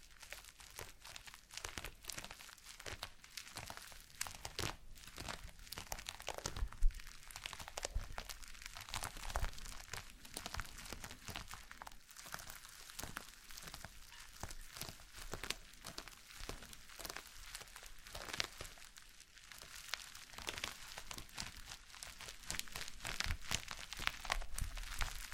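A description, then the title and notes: Slime being worked, with a constant run of small crackles, pops and crinkly snaps packed densely through the whole stretch, brighter and sharper than they are deep. The texture stays busy and even, with occasional louder snaps. ASMR SLIME No Talking Satisfying slime Sounds.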